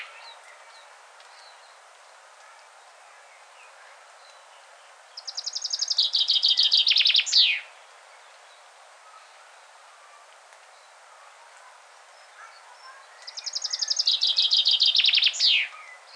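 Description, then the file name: Common chaffinch song: two bright trilled phrases falling in pitch, each about two and a half seconds long and ending in a sharp flourish, roughly eight seconds apart. "Fringilla coelebs"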